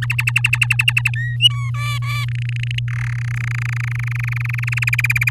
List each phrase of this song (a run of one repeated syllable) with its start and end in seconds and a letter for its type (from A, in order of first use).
0.02-1.10 A, 1.16-1.37 B, 1.40-1.70 C, 1.74-2.25 D, 2.28-2.79 E, 2.88-3.14 F, 3.15-4.84 G, 4.87-5.30 H